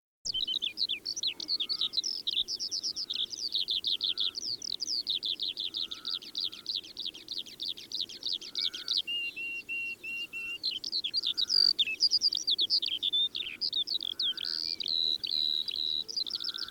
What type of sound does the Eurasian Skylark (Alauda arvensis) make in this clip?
song